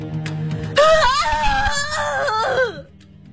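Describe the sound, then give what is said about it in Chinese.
A man on a cliff lets out a single loud, anguished howl of grief, beast-like and raw, its pitch wavering for about two seconds before sliding down and breaking off over a faint low rumble. “悬崖上的海哥发出了野兽一般的嘶吼，那是一种穿透心肺、痛彻骨髓的悲吼”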